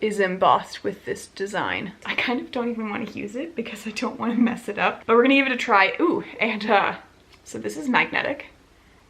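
A woman talks while handling an embossed magnetic cap over a lipstick tube, with faint handling rustle beneath her voice. The clip ends before the cap goes home, so nothing has seated or clicked yet.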